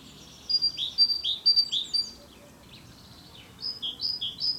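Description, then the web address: Great tit song: bright two-note phrases alternating high and lower, repeated rapidly in a seesawing series, pausing briefly, then resuming with the same pattern. Territorial song. "natura bioacustica canti canto territoriale cinciallegra parus major great tit carbonero comun"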